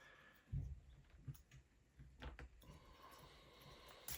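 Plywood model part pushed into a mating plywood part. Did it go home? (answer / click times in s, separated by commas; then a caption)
no / none. Laser-cut plywood part 50 is pushed into part 49 of a UGears Hogwarts Castle wooden model, with a dull bump near 0.5 s, short sharp ticks around 2.2 and 2.4 s, and a knock at 4.1 s. Nothing has clicked or seated yet; the part does not go in easily, so wax is reached for next.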